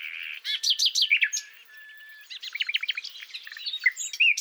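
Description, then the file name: Common nightingale song fragments: a whistled note, quick chirping sequences, and a thin sustained tone in a short burst of varied phrases. "Luscinia megarhynchos"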